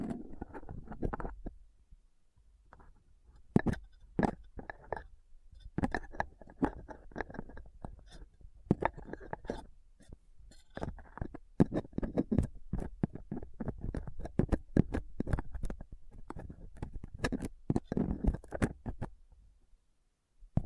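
Rough scraping and picking on a microphone with a dental pick, tweezers and a cotton swab. Dense clusters of sharp clicks and scratchy strokes come in irregular bursts, with brief quieter gaps near the start and around ten seconds, over a low dull thumping rumble.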